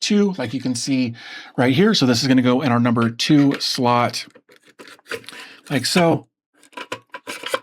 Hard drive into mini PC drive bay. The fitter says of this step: Once we get it lined up, it just clicks right in like that.